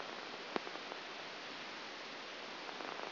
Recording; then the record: brain microelectrode recording played as sound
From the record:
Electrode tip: outside the subthalamic nucleus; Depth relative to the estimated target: -8 mm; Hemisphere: left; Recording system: AlphaMap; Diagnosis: Parkinson's disease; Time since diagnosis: 9 years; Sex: male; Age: 68 years